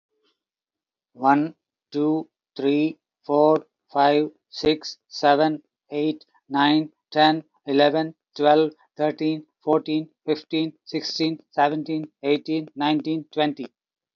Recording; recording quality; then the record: counting at a normal pace; excellent, no background noise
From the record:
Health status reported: healthy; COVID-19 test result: not tested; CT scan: not taken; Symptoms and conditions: hypertension, ischaemic heart disease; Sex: male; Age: 58 years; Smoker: no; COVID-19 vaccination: none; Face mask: not worn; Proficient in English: yes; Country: India